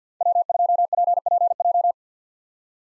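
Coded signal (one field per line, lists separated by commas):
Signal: Morse code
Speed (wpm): 50 wpm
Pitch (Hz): 700 Hz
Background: none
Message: W2PPJ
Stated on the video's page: US 5-character call sign practice at 50 wpm with Farnsworth 6x character spacing for head-copy.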